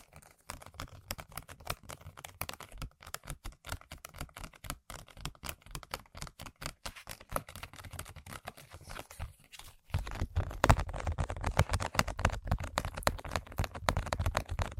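Rapid tapping and scratching on objects, a dense run of sharp clicks like fast typing for the first ten seconds. Around the ten-second mark it turns louder and fuller, with heavier, more continuous scraping and rubbing mixed with the taps to the end.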